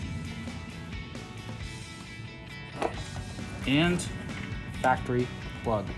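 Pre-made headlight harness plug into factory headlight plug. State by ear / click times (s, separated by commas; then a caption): not seated / none. A pre-made headlight harness plug and the factory headlight plug are handled and lined up for connection over music, with no hits. Someone talks, and nothing has seated or clicked yet.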